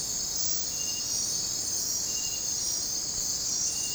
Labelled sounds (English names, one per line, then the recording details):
none
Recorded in dense forest near Puerto Asís, Putumayo, Colombia, on 22 December 2024 at 01:30
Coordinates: 0.466, -76.327
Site G075